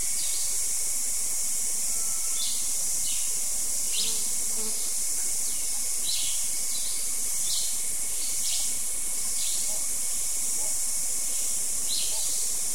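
Morning insects hum in a dense, steady high drone, while faint bird chirps recur every second or so throughout, with a thin continuous tone beneath.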